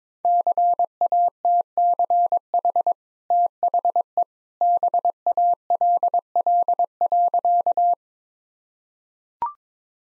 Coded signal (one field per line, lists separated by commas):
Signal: Morse code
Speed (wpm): 21 wpm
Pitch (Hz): 700 Hz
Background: none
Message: CATCH THE BALL.